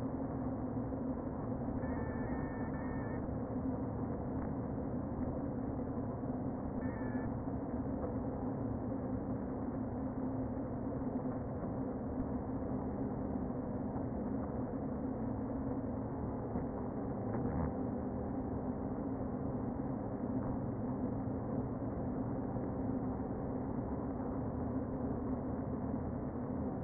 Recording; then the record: honeybee colony, microphone inside the hive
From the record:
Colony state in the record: queen present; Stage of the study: before two queens were removed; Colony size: about 60,000 bees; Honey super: yes